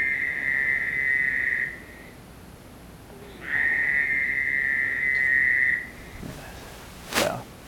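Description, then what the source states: Fowler's toad breeding call: two long, nasal, buzzy bleats at a steady pitch, the second longer, separated by a pause, followed by a sharp click. Call likened to a sheep bleating or a baby crying; peak breeding season around May.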